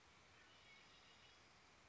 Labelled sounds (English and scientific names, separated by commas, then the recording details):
Red-winged Blackbird (Agelaius phoeniceus)
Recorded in Sonoma County, California